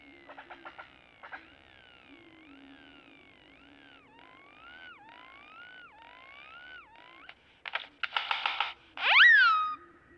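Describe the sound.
Great-tailed grackle gives sliding whistles that rise and fall repeatedly, followed by a burst of rough noisy notes and one loud, sweeping rising whistle.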